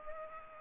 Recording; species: mosquito wingbeat signal from an infrared sensor; Culex pipiens